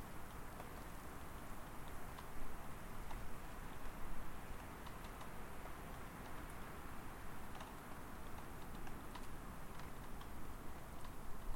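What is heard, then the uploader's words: A soundscape at a rural property: a steady low rumble fills the background, with faint scattered clicks and brief ticks throughout and slight swells near two and four seconds. Long duration soundscape recordings made at my home, a rural property 22 KM west of the village of South River, Ontario, Canada. Based on recordings made through the month of February. I mounted two DPA 4060 miniature omni-directional microphones on either side of a sheet of plywood and then in most cases clamped that plywood under the overhang of a small out-building.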